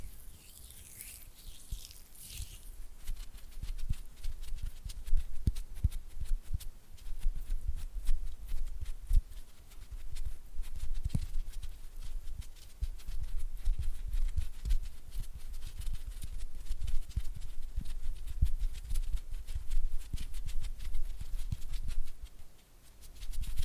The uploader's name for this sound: Oily Hand and Flutter Finger Sounds